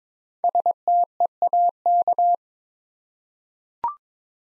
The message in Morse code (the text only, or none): STEAK